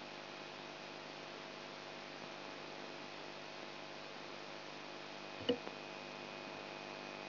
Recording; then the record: brain microelectrode recording played as sound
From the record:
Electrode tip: outside the subthalamic nucleus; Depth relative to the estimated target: -8 mm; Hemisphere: right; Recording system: AlphaMap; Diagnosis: Parkinson's disease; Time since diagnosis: 9 years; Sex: male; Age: 58 years